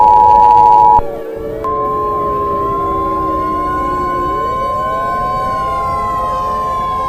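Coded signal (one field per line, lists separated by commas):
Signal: Emergency Alert System (SAME) tones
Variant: 853 and 960 Hz attention tone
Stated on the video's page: Simulated tornado EAS scenario, possibly containing valid EAS tones.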